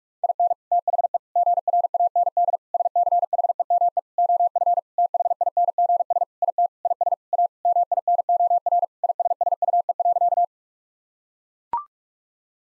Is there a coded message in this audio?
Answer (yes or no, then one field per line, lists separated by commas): yes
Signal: Morse code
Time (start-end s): 0.2-10.4 s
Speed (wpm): 41 wpm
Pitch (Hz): 700 Hz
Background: none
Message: IN THE GRAND SCHEME OF THINGS IT IS A MINOR ISSUE.